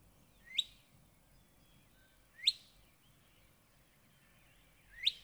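Northern cardinal: three single sharp notes spaced a couple of seconds apart over a steady low hiss.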